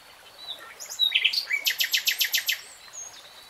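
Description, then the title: Nightingale song: a short burst of whistled notes, then a fast run of sharp repeated notes, with a faint steady hiss behind. Nightingale singing, recorded in real time. "[Tiếng chim hót] 3 Hours REALTIME Nightingale Singing"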